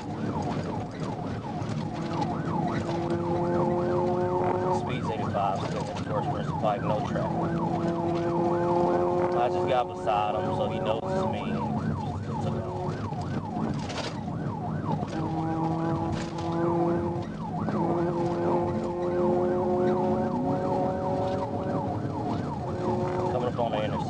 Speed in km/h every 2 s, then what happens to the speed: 140, 135, 137, 134, 135, 137, 137, 132, 132, 134, 142, 140.
0-16 steady at about 135. 16-21 speeds up to 142.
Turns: none.